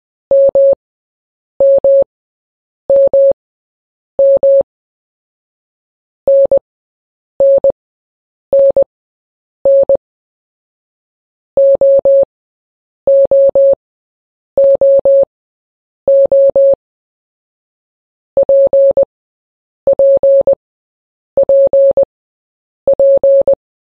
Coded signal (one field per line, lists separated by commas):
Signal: Morse code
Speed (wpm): 20 wpm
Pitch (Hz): 550 Hz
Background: none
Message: MMMM NNNN OOOO PPPP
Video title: Morse Code Sounds/Translator | A - Z